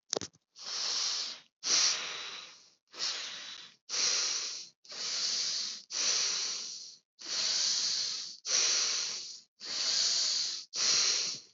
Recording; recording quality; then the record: deep breathing; excellent, no background noise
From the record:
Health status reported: exposed to COVID-19, no respiratory illness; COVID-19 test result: negative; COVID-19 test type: RT-PCR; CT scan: not taken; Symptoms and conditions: cough, cold, fatigue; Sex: female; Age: 23 years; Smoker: no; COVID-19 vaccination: both doses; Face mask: not worn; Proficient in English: yes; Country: India